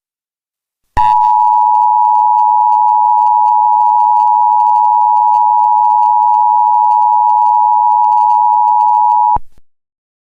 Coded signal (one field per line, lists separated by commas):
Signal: Emergency Alert System (SAME) tones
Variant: 853 and 960 Hz attention tone